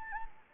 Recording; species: mosquito wingbeat signal from an infrared sensor; Anopheles gambiae